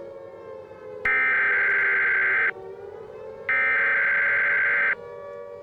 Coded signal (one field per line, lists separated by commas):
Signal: Emergency Alert System (SAME) tones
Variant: header bursts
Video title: Unknown Launch: End of the World- An EAS Scenario (Alternate Ending #2)